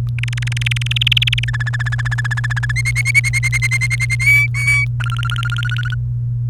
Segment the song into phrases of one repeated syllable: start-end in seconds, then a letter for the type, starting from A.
0.18-1.44 A, 1.48-2.72 B, 2.75-4.15 C, 4.20-4.85 D, 5.00-5.94 E